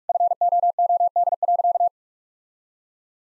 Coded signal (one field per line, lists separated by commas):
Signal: Morse code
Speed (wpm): 46 wpm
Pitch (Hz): 700 Hz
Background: none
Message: FOOD.